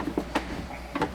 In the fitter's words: just clips into place